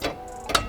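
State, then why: Seated. Someone talks briefly as a spring-loaded retaining clip on the auxiliary radiator coolant line connection of a Mishimoto aux radiator on a G8X M2, M3, or M4 is lined up by its top and bottom marks and pushed in. A light mechanical rattle comes first, then a sharp, bright click at 0.6 s as the clip seats.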